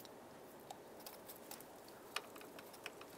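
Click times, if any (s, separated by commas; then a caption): none. An ignition coil's electrical plug, which has a red locking tab, is handled at the ignition coil on a 2007-2015 Mazda CX-9 engine. Quiet taps and rattles are heard, with small sharp ticks near 1.5, 2.2 and 2.9 seconds. The plug has not seated or clicked in yet, and the red lock has not been pushed in.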